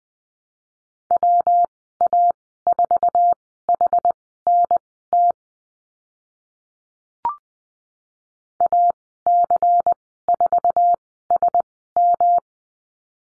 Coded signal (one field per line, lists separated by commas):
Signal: Morse code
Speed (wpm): 20 wpm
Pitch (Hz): 700 Hz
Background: none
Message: WA4HNT AC4SM